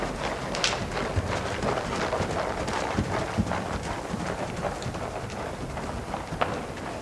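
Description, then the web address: Horse hoofbeats, a quick uneven patter of soft thuds and clicks over a steady low rumble. Horses in a riding school, recorded as watched from one end of the school, with a narrow stereo image. "BBC Horses School"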